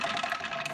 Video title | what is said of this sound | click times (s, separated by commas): Indepth Look at the Big Green Egg | You just flip these up, and they just lock into place there, like so. | 0.3 s, 0.7 s